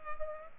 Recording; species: mosquito wingbeat signal from an infrared sensor; Culex pipiens